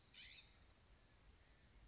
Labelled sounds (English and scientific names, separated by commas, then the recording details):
California Scrub-Jay (Aphelocoma californica)
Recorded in Sonoma County, California